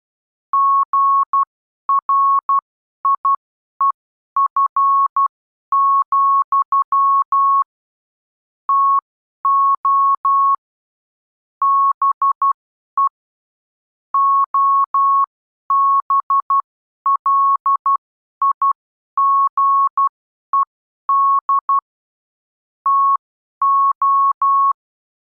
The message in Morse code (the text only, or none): GRIEF, TO BE OBLIGED TO